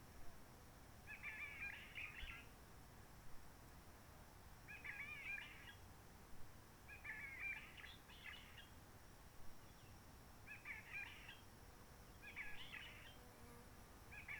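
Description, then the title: Réunion bulbul singing short scratchy, warbling phrases at irregular intervals, with quiet gaps between. Roche Merveilleuse, Réunion; forest quiet since the 19 March 2020 lockdown, no people, microlights or helicopters; sunny blue sky; birds not very active; sings simpler short phrases, adapted to noise pollution. "Roche Merveilleuse, Réunion - Merle de lîle de la Réunion."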